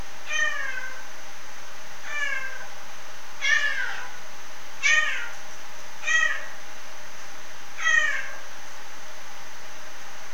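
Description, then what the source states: Rusty-spotted cat giving six short, harmonic, meow-like calls, about one every one and a half seconds, over steady background noise. Captive animals in a zoo in Frankfurt.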